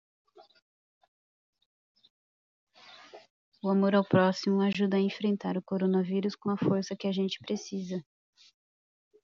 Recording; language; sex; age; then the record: spoken sentence; Brazilian Portuguese; female; 20 to 29 years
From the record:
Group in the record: control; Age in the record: 29 years